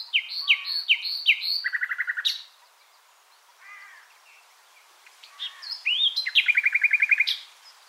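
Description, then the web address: Common nightingale song: a run of repeated swooping notes into a quick rattle, a pause, then rising whistles and another fast rattle. "SETE Luscinia megarhynchos"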